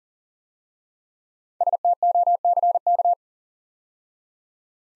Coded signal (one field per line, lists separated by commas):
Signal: Morse code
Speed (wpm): 39 wpm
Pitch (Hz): 700 Hz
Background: none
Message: STOCK